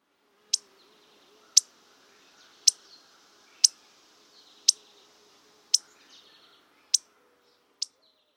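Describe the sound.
Indigo bunting giving sharp, dry call notes, eight single clicks about once a second over faint background hiss.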